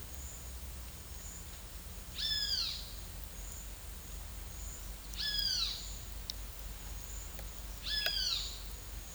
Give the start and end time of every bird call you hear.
[2.06, 2.77] bird call (0.9-6.2 kHz)
[5.11, 5.77] bird call (0.7-7.1 kHz)
[7.85, 8.44] bird call (1.0-7.6 kHz)

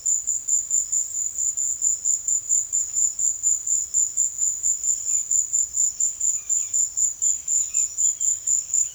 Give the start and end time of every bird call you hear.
[4.97, 8.95] bird call (1.4-4.5 kHz)

